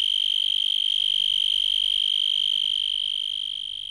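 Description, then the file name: Insect producing a rapid, finely pulsed high-pitched buzz that stays level, then fades slightly toward the end. "insetti insect"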